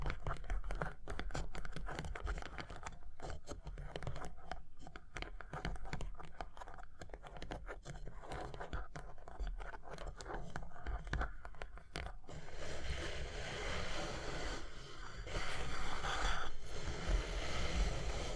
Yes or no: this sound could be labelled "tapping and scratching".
yes